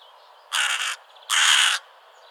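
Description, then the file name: Carrion crow calling two hoarse, rasping caws in quick succession, the second slightly longer, over a quiet background. "Corvus corone"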